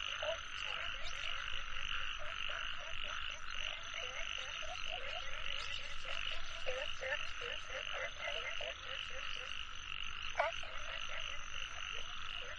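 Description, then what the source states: Many frogs croak in quick repeated bursts over a steady drone. Nature soundscape.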